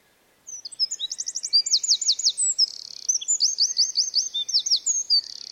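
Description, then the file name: Eurasian wren song starting after half a second: piercing high trills, quick repeated notes and dry rattling buzzes delivered in a continuous energetic outpouring. "Troglodytes troglodytes"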